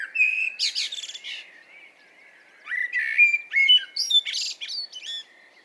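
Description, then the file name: Common blackbird singing two phrases of mellow whistled notes, each breaking into thin, scratchy high-pitched twittering, with a short pause between them. "Turdus merula"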